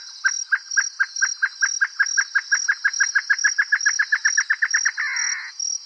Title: LuckyPassaro Completos2Sama. Great Antshrike (Taraba major major)